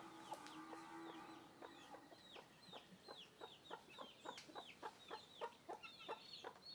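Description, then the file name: Chickens: a low drawn-out hen croon opens, then rapid clucks about three or four a second mix with thin falling chick peeps. Hens and chicks walking around the microphone. "Galinhas e pintinhos andando em volta do microfone"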